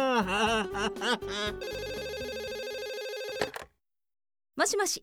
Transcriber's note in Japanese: 笑う; 電話ベル音